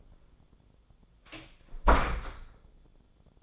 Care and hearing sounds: daily activity, microphone in the room; close door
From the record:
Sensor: 5

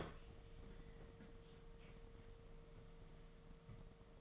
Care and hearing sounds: daily activity, microphone in the room; open fridge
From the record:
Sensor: 4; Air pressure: 1015.8 hPa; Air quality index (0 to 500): 186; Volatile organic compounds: 9 ppm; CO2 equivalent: 2150 ppm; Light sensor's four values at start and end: 12/28/11/11 and 9/19/8/8

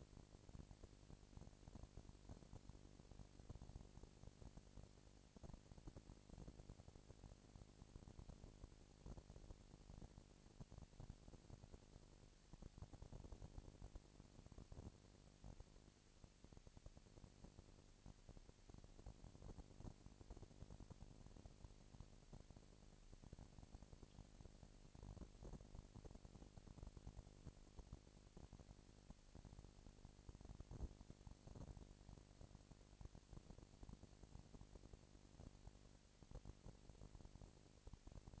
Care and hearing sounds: daily activity, microphone in the room; no activity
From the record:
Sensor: 5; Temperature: 19.8 degrees Celsius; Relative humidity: 36.7%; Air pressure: 997.1 hPa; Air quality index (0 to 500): 169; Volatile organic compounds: 14 ppm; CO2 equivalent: 2441 ppm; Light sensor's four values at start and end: 2/3/1/1 and 2/3/1/1

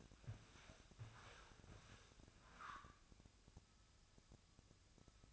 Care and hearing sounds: daily activity, microphone in the room; walk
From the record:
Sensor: 2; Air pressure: 1000.3 hPa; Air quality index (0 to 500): 162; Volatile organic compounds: 3 ppm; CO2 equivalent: 1348 ppm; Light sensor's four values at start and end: 14/38/15/17 and 14/37/15/17

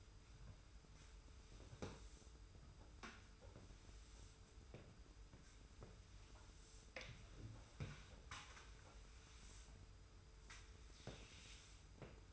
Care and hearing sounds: daily activity, microphone in the room; sweep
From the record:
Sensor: 2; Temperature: 25.1 degrees Celsius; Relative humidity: 42.2%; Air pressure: 991.2 hPa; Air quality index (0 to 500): 147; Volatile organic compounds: 362 ppm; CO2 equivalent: 4605 ppm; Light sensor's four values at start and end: 39/112/44/42 and 38/110/43/41

